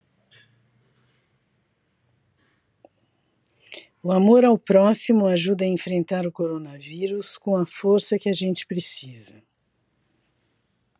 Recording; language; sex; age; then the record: spoken sentence; Brazilian Portuguese; female; 60 to 69 years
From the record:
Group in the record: control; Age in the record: 67 years